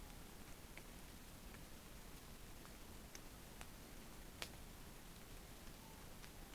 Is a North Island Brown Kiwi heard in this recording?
no